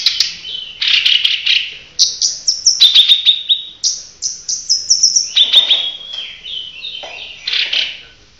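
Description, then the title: Bird chirping, a loud rapid series of sharp notes and short trills, with brief whistled slides and pauses between bursts. "SuaraBurung Kicau"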